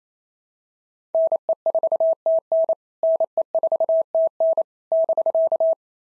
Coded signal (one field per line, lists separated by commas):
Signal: Morse code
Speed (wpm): 27 wpm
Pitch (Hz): 650 Hz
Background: none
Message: NE4TN NE4TN <BK>